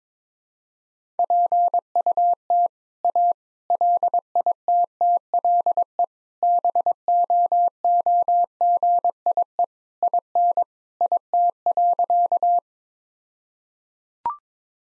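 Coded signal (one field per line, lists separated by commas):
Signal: Morse code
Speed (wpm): 22 wpm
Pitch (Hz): 700 Hz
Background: none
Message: PUT A LITTLE BOOGIE IN IT.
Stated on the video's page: Morse practice set at 22 wpm with contextual priming, jokes as context.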